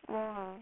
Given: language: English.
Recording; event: throat vibration sensor signal played as sound; speech